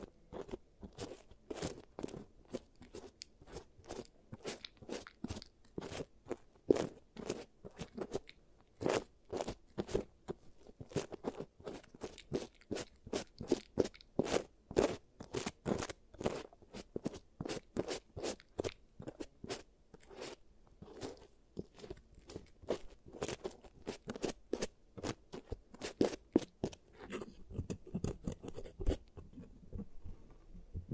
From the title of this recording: ASMR Giant Teeth Treatment, Fixing Your Cavities